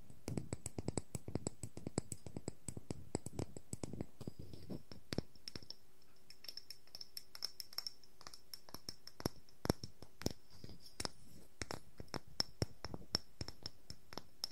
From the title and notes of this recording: ASMR No Talking Wooden Objects Tapping and Scratching.